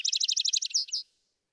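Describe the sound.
Vesper sparrow song fragment: a fast, high trill of rapidly repeated notes slowing into two or three longer slurred notes before stopping after about one second.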